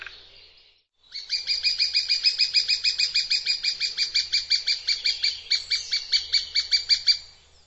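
Bird calling in a fast series of sharp high chirps, running for about six seconds.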